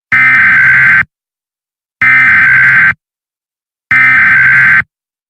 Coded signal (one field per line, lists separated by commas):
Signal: Emergency Alert System (SAME) tones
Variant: header bursts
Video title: hurricane Diana eas (fake)